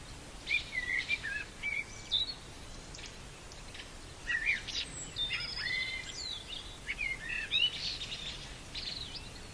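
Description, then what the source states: Common blackbird song of short, varied whistled phrases with squeaky flourishes, against background hiss. Recorded at Bory in 2020.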